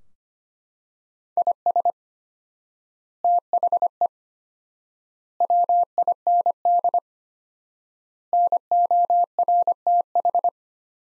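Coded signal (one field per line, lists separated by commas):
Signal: Morse code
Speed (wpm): 25 wpm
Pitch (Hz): 700 Hz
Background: none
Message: IS THE WIND NORTH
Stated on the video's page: Morse practice at 25 wpm, sentences from top 400 words sent with 4x standard word spacing, Farnsworth-like method.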